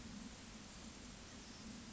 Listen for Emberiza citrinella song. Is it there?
no